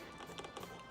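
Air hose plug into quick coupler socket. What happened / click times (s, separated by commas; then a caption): The air hose coupler did not lock into its socket / none. An air hose plug is pushed into a stiff quick-coupler socket while compressed air is being set up for cleaning, and it fails to engage. Brief tapping contacts sound at about 0.4, 0.4 and 0.6 seconds over a music background. Nothing has seated or clicked yet.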